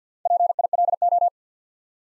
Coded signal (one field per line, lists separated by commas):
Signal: Morse code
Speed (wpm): 50 wpm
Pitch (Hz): 700 Hz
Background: none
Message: PILO